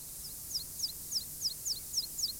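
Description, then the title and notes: Meadow pipit song: a steady series of thin, high, down-slurred notes over a faint background hiss. One of the modest singers of fields and meadows. "Linnunlaulukasetti n:o 3. Niittykirvinen. Field Recording – Jan-Erik Bruun"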